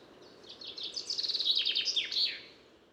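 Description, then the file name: Common chaffinch song: a run of bright notes ending in a quick flourish, about two seconds long, over faint background hiss. "Fringilla coelebs"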